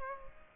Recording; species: mosquito wingbeat signal from an infrared sensor; Aedes aegypti